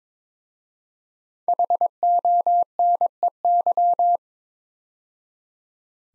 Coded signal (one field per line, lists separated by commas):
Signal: Morse code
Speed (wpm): 22 wpm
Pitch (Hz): 700 Hz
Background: none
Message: HONEY